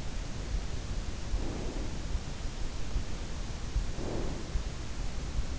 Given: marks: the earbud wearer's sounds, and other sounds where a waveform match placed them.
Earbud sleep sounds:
sounds in sleep by an in-ear microphone; breath
0.93-2.22 s: breath
3.58-5.13 s: breath

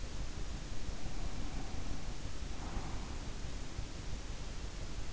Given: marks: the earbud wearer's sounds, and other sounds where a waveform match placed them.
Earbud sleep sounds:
sounds in sleep by an in-ear microphone; breath
0.90-3.13 s: breath

